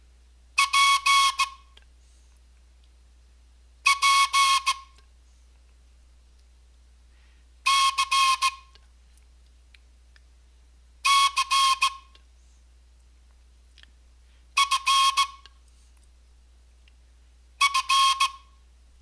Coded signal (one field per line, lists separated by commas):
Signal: Morse code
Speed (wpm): 16 wpm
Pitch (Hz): 1090 Hz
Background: none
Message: PPCCFF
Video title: Télégraphie Code Morse - initiation - avec flûte ou sifflet